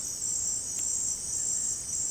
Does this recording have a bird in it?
yes